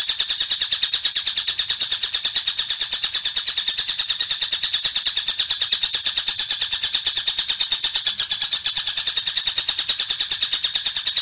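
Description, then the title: Oriental magpie-robin chattering steadily with rapid, evenly repeated buzzy high notes, around three per second, without a break. "Kicau Kacer"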